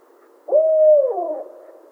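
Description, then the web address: Barred owl hoot: one steady, level hooting note that slurs downward at the end, about a second long, over a quiet background. Recorded 28 July 2011. "Barred Owl 2011 07 28"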